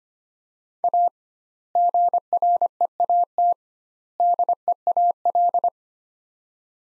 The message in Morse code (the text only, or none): A GREAT DEAL